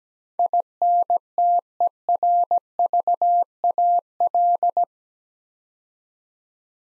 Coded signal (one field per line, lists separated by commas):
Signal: Morse code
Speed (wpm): 17 wpm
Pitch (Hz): 700 Hz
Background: none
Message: INTERVAL